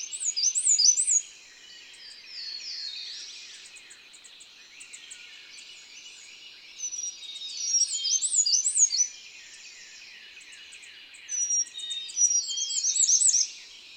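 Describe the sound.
Bird song in quick high-pitched twittering bursts of chirps and trills, strongest near the start and again around eight and thirteen seconds, with constant faint hiss.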